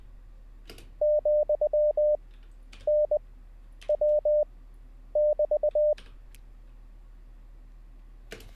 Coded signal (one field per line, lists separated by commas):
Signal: Morse code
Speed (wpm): 20 wpm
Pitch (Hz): 600 Hz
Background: none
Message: , N W <BT>